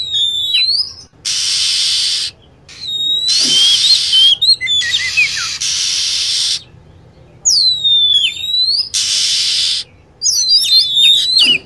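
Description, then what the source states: Lovebird calls: bright falling whistles and scattered chirps, repeatedly interrupted by loud hiss bursts. Used as a lure sound for attracting birds.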